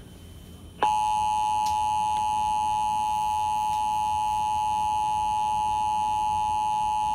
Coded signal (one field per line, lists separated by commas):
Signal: Emergency Alert System (SAME) tones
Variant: 853 and 960 Hz attention tone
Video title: EAS Severe Thunderstorm Warning 96.1 SOX WSOX-FM Red Lion EAS#70